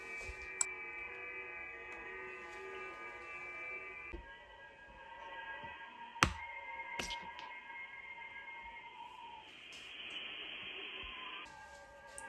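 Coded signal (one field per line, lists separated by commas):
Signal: FT8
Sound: several faint steady warbling tones at different pitches together, with a few clicks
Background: radio static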